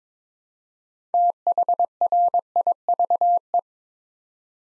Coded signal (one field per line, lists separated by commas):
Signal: Morse code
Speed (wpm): 22 wpm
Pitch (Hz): 700 Hz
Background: none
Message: THRIVE